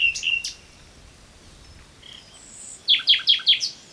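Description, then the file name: Common nightingale song: a few sharp high notes, a thin high whistle, then a fast run of loud repeated strokes at the end. "Luscinia megarhynchos"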